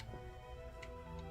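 A plastic brick hinge clutch is pressed onto a hinge stud of a toy plane model, and it is a tough clutch that keeps failing to pop on. Over steady background music, short pressing or fumbling knocks come at about 0.0 s and 0.8 s. The clutch has not popped into place or clicked yet.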